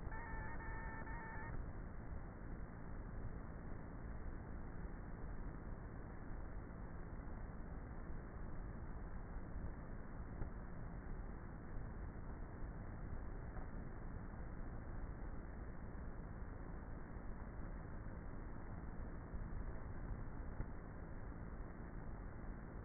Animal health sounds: honeybee colony, microphone inside the hive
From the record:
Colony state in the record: queenless with a low population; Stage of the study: before two queens were removed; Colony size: about 30,000 bees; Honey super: no

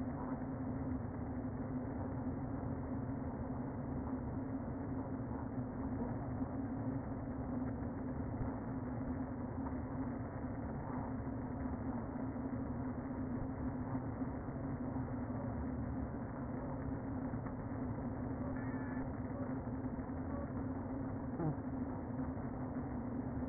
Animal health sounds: honeybee colony, microphone inside the hive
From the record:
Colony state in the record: queen present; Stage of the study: before two queens were removed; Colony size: about 60,000 bees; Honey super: yes

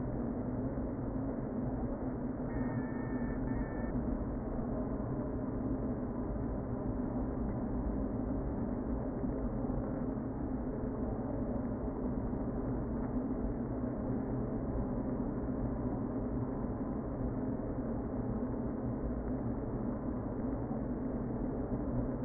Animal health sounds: honeybee colony, microphone inside the hive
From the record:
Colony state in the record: queen present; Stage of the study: before two queens were removed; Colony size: about 60,000 bees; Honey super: yes

